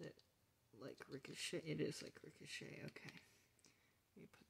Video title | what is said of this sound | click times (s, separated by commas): an absolutely beautiful masterpiece transformers review | that does not click in what a fallacy | none